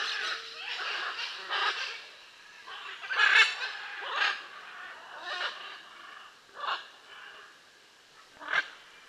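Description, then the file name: Blue-and-yellow macaw calls: a run of loud, grating squawks and rasps with softer notes in between. "Blue and yellow Macaw Ara ararauna"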